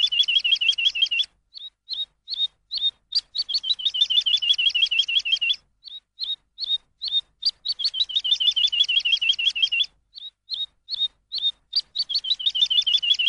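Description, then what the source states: Lark singing in long, fast trills of repeated chirps, each burst separated by brief gaps filled with isolated sharp notes; no other sounds. Lark song used as a tutor for training songbirds.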